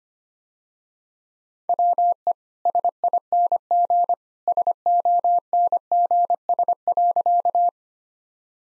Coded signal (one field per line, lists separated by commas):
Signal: Morse code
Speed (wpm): 25 wpm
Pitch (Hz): 700 Hz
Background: none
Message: WE SING SONGS.